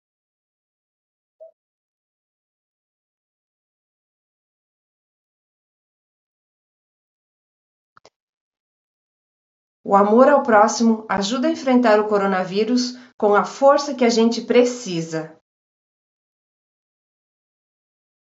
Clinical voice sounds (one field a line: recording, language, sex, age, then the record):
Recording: spoken sentence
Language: Brazilian Portuguese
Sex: female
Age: 40 to 49 years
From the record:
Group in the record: control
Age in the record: 45 years